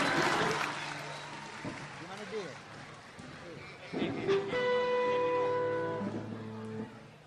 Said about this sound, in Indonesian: Tepuk tangan buat